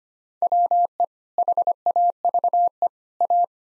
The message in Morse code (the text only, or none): WE HAVE A